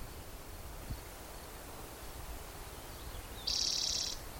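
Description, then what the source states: Spotted Towhee singing a single dry, buzzy trill toward the close, with faint low rumbling beneath. Individual number 8, Black's Creek, 16 June 2010, around 4:30 in the afternoon; vocalization three in a series counted aloud by the recordist.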